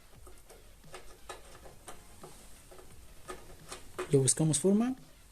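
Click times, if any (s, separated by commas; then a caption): none. A power supply cable connector is handled and lined up with its matching port on the motherboard, with soft taps and light handling noises at about 0.5, 1.0, 1.3 and 1.9 seconds while someone talks. The clip ends before the connector is pressed home, so nothing has seated or clicked yet.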